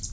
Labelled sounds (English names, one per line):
Red-faced Warbler flight call